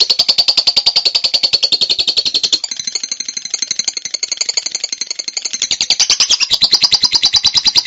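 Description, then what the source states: Bird song as a fast, steady string of high, rattling pulses, softening and changing tone in the middle before returning louder. Used for training songbirds.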